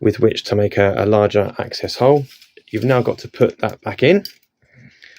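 Someone talks while handling an internal cable port insert, about to put it back into the access hole in a bicycle frame. Faint handling sounds follow near the end, but the insert has not seated or clicked into place yet.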